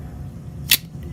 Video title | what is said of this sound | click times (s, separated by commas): Knife Chats Almost Live, September, 2021 | You heard that snap. | 0.7 s